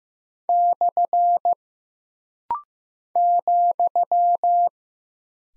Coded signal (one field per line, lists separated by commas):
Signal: Morse code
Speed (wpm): 15 wpm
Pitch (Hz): 700 Hz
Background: none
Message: / ,